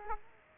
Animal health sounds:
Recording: mosquito wingbeat signal from an infrared sensor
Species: Aedes aegypti

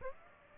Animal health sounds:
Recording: mosquito wingbeat signal from an infrared sensor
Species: Aedes aegypti

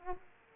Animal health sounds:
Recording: mosquito wingbeat signal from an infrared sensor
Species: Aedes aegypti

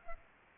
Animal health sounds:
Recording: mosquito wingbeat signal from an infrared sensor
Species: Culex pipiens

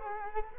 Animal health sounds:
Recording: mosquito wingbeat signal from an infrared sensor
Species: Culex quinquefasciatus

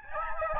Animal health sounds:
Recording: mosquito wingbeat signal from an infrared sensor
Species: Aedes albopictus

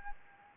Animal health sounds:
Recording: mosquito wingbeat signal from an infrared sensor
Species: Anopheles gambiae

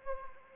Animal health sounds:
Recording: mosquito wingbeat signal from an infrared sensor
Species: Anopheles arabiensis

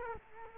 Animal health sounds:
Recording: mosquito wingbeat signal from an infrared sensor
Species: Culex quinquefasciatus

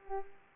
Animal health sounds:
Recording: mosquito wingbeat signal from an infrared sensor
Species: Culex pipiens

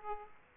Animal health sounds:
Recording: mosquito wingbeat signal from an infrared sensor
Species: Aedes aegypti

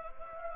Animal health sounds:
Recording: mosquito wingbeat signal from an infrared sensor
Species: Anopheles gambiae

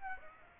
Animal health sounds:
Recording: mosquito wingbeat signal from an infrared sensor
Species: Aedes aegypti

